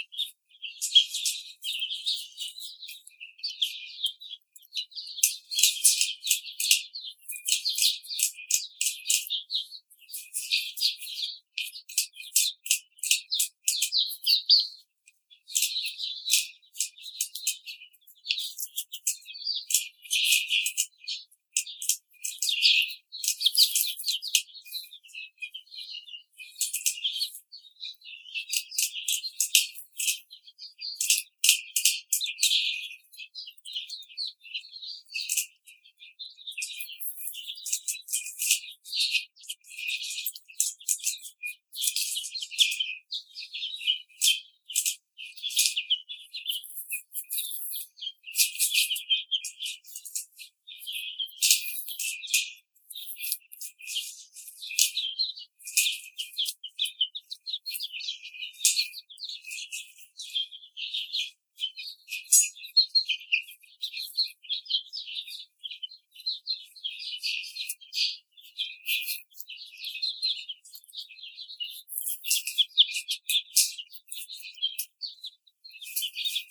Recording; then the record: young laying hens in a cage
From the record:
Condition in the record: treatment cage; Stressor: simulated dog barking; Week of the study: 5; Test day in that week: 1